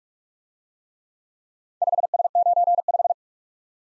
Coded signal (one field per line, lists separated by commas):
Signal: Morse code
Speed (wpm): 44 wpm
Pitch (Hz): 700 Hz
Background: none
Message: 5S95